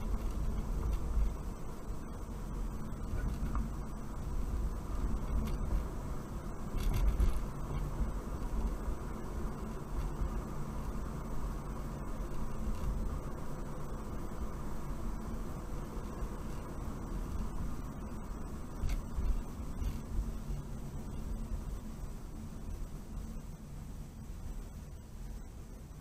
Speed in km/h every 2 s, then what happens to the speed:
32, 34, 35, 34, 37, 39, 37, 35, 34, 29, 24, 19, 13.
0-9 speeds up to 39. 9-15 steady at about 37. 15-26 slows to 13.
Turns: none.